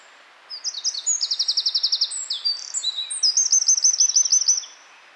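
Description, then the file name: Eurasian wren with an energetic burst of high, quick-fire trills and ringing notes, roughly four seconds long, with quiet before and after. "Troglodytes troglodytes"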